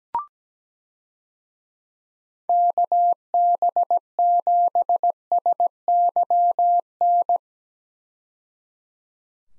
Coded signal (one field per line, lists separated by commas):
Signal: Morse code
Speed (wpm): 17 wpm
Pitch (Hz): 700 Hz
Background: none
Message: KB7SYN